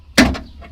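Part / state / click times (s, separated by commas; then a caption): exterior door handle into door handle carrier / partly seated / 0.2 s. An exterior door handle on a BMW E65 is pulled into its door handle carrier on the car door during a comfort access repair, giving one loud, sharp click at 0.2 s that fades over the following few tenths of a second. The handle has clicked but is not fully home yet and needs one more click to seat fully.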